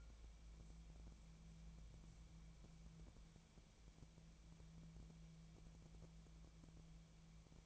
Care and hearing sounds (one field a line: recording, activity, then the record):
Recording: daily activity, microphone in the room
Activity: wipe stove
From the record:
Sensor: 1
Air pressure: 1000.5 hPa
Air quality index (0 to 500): 181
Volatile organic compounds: 4 ppm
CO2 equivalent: 1672 ppm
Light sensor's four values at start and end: 12/30/12/14 and 12/29/12/14